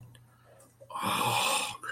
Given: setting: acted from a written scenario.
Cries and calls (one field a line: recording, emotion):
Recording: vocal sound without words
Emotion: distress